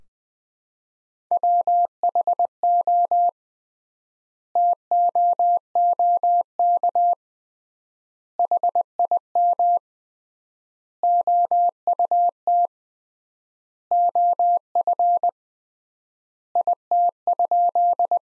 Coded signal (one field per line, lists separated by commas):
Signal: Morse code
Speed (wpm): 20 wpm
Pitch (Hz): 700 Hz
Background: none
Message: WHO TOOK HIM OUT OF IT?